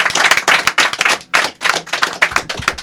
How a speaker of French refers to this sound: Bon, on remercie chaudement les bonitos qui sont venus avec nous ce soir pour On les applaudit. Ouais, on les applaudit.